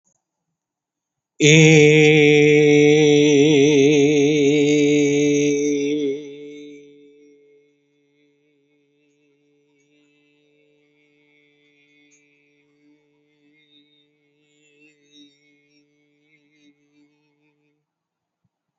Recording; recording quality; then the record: sustained vowel as in made; excellent, no background noise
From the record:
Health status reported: healthy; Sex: male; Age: 19 years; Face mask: not worn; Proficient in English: yes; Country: India